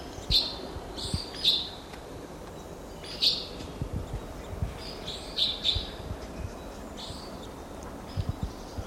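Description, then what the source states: Red Crossbill (Type 2) calls: short, sharp high notes, given singly or in quick pairs at irregular intervals, over low rumbling background noise. Type 2 crossbills, wild, four to five birds calling together at the top of a lodgepole pine.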